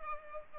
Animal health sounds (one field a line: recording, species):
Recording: mosquito wingbeat signal from an infrared sensor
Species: Culex pipiens